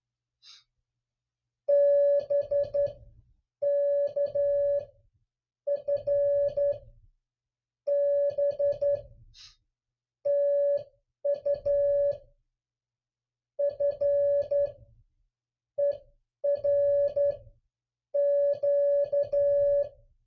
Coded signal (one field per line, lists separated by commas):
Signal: Morse code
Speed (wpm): 11 wpm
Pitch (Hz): 570 Hz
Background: none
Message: BK FB TU FER Q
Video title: MORSE CODE COPY PRACTICE #8